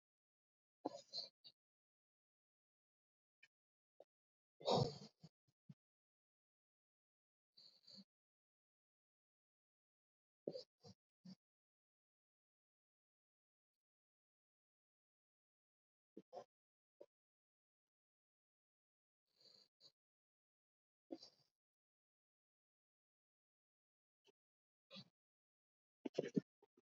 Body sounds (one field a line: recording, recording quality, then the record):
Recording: deep breathing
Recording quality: moderate, slight background noise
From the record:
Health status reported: recovered from COVID-19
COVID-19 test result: negative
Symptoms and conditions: cough, cold, fever, diabetes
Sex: male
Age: 72 years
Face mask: not worn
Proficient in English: yes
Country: India